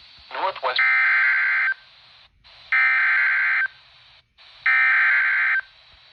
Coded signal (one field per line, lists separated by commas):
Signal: Emergency Alert System (SAME) tones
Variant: header bursts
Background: speech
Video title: (EAS "#832") RNK Severe Thunderstorm Warning from WNG538 (Linville, NC) - 7/9/2025